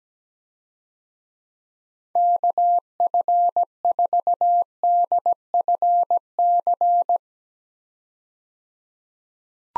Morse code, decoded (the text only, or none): KF4DFC